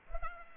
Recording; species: mosquito wingbeat signal from an infrared sensor; Culex pipiens